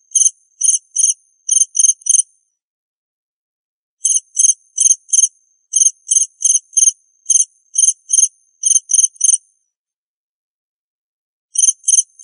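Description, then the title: Cricket chirping in high, short pulses in bursts, with silent gaps of about two seconds between bursts. "suara Hujan Guntur Suara Jangkrik Dan Burung"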